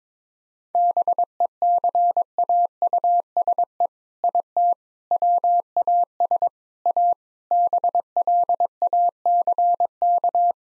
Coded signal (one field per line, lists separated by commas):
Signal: Morse code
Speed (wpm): 22 wpm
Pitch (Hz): 700 Hz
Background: none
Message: BECAUSE IT WAS A BLACK